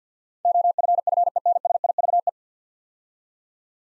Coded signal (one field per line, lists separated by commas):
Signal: Morse code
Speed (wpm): 50 wpm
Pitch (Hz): 700 Hz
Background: none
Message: OFFENSIVE